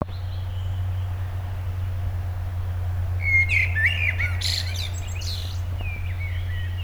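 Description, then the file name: Common blackbird singing partway through, mellow warbled notes followed by scratchy high twitters, then a few more notes, with a constant low droning hum underneath. "Turdus merula"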